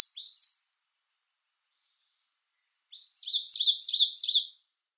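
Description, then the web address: Eastern Crowned Warbler song: the tail of one phrase, then after a silent gap a fuller run of rapid, high, slurred notes lasting under two seconds. "Schulze Peter Eastern Crowned Warbler"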